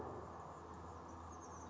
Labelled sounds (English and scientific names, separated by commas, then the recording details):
Anna's Hummingbird (Calypte anna)
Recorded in Sonoma County, California